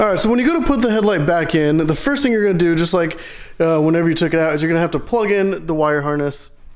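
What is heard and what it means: A man talks while getting ready to reinstall the headlight on a Porsche 911 Carrera or Cayman (991 and 981), with the headlight's wire harness connector about to be plugged into its socket. Only speech is heard, and the connector has not snapped or seated yet.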